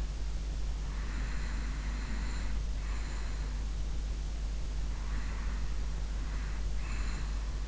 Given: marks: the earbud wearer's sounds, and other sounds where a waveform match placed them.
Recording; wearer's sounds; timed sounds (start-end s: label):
sounds in sleep by an in-ear microphone; breath
0.89-3.77 s: breath
4.91-7.67 s: breath